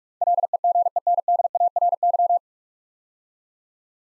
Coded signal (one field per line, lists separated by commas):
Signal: Morse code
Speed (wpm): 44 wpm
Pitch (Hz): 700 Hz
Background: none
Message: LEGENDARY